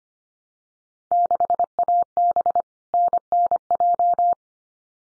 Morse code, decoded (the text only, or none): 6AB NNJ